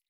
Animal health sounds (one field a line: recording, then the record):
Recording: hydrophone in a shrimp aquaculture tank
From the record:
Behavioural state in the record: feeding